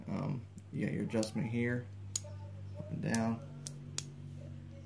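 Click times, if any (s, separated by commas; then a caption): 4.0 s. Someone talks while the folding aperture of a flip-up rear sight on an AR-15 rail is raised until it locks upright on its rail-mounted base. Sharp clicks sound at about 2.2 s and 3.7 s, and the sight snaps into place at 4.0 s, seated and locked upright.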